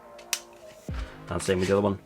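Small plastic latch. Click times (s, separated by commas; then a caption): 0.3 s. A plastic handheld game controller half (Gioteck Joy-Con style) is slid onto its centre rail attachment and locks home with a sharp, satisfying click at 0.3 s. Someone then talks over quiet background music.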